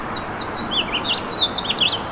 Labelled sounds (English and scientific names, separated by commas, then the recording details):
House Finch (Haemorhous mexicanus) song
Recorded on Long Island, New York, on 25 May 2011
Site FH
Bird B